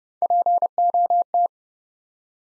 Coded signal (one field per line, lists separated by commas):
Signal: Morse code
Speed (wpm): 28 wpm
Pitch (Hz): 700 Hz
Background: none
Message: POT